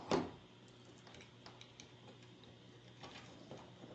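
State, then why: Not seated. A controller board is held and aligned with its pin connectors before being pressed home. A sharp handling bump at the start is followed by faint scattered ticks and rustles over a low steady hum. The board has not seated or clicked onto the connectors yet.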